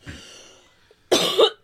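A soft breathy exhale is followed by one loud, harsh cough burst from an adult woman, lasting about half a second, with a second push of force near its end. A single ordinary dry-sounding cough in a quiet room.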